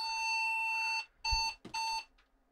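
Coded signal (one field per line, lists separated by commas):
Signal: beep code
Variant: IBM 5150 PC POST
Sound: one long buzzy beep, then two short beeps at the same pitch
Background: low thump between beeps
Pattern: 1 long, 2 short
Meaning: One long and two short beeps signal a display adapter problem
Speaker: apparently one long beep and two short beeps uh possible causes are that switch one is configured for an mda card or possibly a cga card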